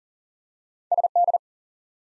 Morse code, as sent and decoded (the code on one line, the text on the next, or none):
... -..
SD